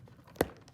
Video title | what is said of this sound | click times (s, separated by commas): Cello / Viola / Violin bow holder mod | can hear it snap there like that you've got extra security of holding | 0.4 s